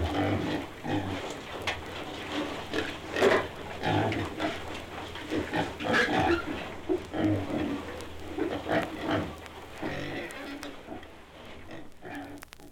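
Piglets squealing and grunting in a dense, overlapping chorus that carries on throughout and thins out toward the end.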